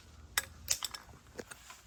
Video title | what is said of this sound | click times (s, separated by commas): How to change Thermostat and Coolant Hoses BMW E46 325CI | I'll undo the snap on top. | 0.4 s